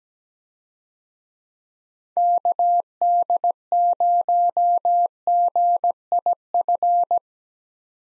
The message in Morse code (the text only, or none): KD0GIF